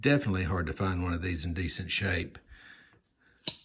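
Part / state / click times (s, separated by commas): folding knife blade into its handle backspring / seated / 3.5 s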